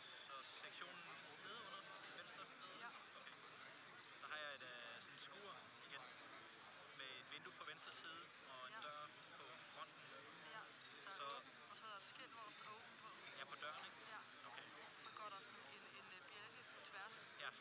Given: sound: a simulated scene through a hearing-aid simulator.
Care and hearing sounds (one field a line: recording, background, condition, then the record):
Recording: conversation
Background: cafeteria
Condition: 0 dB SNR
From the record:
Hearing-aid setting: I (fast-acting compression, audibility-based gain)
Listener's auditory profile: D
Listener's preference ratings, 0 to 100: 21, 49, 30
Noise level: 65 dB SPL